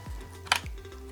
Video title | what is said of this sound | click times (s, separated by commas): Epic Gaming & Workstation PC of 2021 Part 2 MTT | and with a firm click downwards | 0.5 s